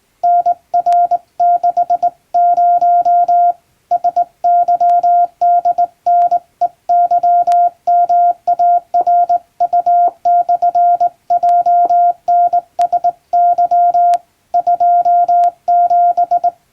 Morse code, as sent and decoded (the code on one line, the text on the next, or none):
-. .-. -.... ----- / ... -.-- -.. -. . -.-- -- .- .-. ..- -..-. .--- -. ... -.-- / ..--- --...
NR60 SYDNEYMARU/JNSY 27